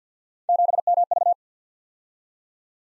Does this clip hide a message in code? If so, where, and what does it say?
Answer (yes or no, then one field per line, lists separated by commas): yes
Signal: Morse code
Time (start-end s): 0.5-1.3 s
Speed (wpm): 53 wpm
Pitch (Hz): 700 Hz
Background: none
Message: 7MV